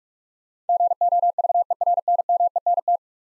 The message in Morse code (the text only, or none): GOVERNMENT